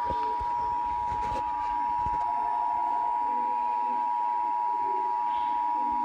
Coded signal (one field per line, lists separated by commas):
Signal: Emergency Alert System (SAME) tones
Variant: 853 and 960 Hz attention tone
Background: speech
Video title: EAS #261 Required Monthly Test